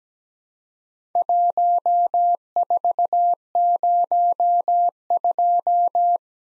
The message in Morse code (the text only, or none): 1402